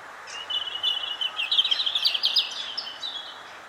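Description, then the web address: European robin song: a high, thin warbling phrase that speeds into a rapid, glittering twitter of short notes, against a soft hiss. "SETE Erithacus rubecula"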